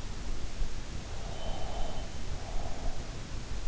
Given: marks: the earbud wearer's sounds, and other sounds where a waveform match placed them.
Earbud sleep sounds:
sounds in sleep by an in-ear microphone; breath
1.43-3.37 s: breath

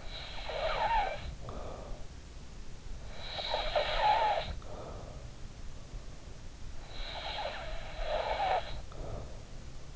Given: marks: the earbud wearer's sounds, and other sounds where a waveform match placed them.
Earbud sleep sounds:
sounds in sleep by an in-ear microphone; snoring breath
0.00-2.13 s: snoring breath
3.08-5.26 s: snoring breath
6.87-9.58 s: snoring breath

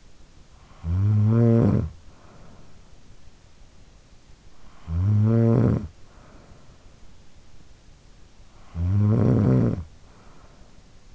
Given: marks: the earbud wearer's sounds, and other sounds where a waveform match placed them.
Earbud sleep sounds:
sounds in sleep by an in-ear microphone; snoring breath
0.00-3.28 s: snoring breath
4.43-7.40 s: snoring breath
8.20-11.15 s: snoring breath

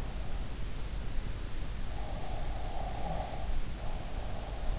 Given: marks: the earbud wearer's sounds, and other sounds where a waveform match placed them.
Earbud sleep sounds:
sounds in sleep by an in-ear microphone; breath
1.86-4.74 s: breath

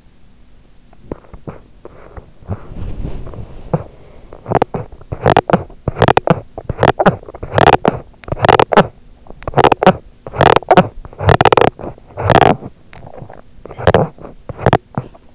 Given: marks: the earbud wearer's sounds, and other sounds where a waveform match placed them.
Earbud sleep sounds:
sounds in sleep by an in-ear microphone; teeth grinding, body movement
0.98-1.90 s: teeth grinding
1.90-5.37 s: body movement
4.27-15.35 s: teeth grinding

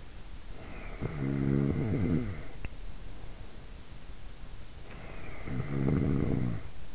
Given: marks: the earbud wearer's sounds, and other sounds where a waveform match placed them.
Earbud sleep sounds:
sounds in sleep by an in-ear microphone; snoring breath
0.79-2.84 s: snoring breath
5.13-6.95 s: snoring breath

